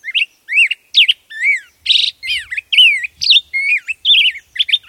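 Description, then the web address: Black-headed grosbeak song: quick warbled phrases of rising and falling whistled notes, separated by short pauses. "Birdnote. Black headed Grosbeak"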